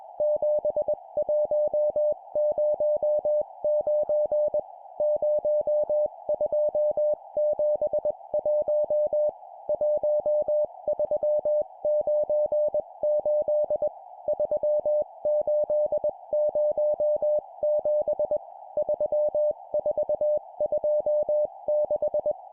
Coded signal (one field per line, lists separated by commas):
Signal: Morse code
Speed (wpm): 21 wpm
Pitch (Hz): 600 Hz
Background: music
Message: 7109 0271 1398 3807 3426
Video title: 20wpm Four letter words number,number,number,number, CW morse code